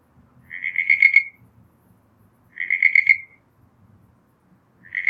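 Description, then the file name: Southern brown tree frog giving short pulsed trills, one roughly every two seconds, each a buzzy rattle of several quick pulses; faint low background noise. "Litoria ewingii"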